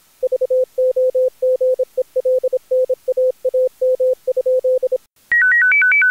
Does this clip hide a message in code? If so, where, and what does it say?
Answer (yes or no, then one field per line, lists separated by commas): yes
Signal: Morse code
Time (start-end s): 0.2-5.0 s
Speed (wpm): 23 wpm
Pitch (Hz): 510 Hz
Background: none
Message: VOGELNAAM?